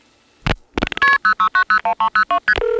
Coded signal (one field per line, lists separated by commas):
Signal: multi-frequency trunk signalling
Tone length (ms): 100 ms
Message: KP06901302ST